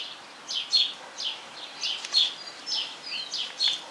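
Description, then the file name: Sparrow chirps, short bright notes repeated about every half to one second over a steady background hiss. "gorrión voz"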